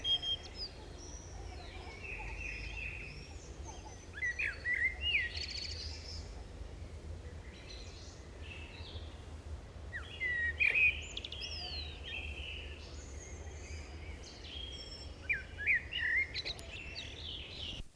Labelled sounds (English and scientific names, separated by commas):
Common Blackbird (Turdus merula) song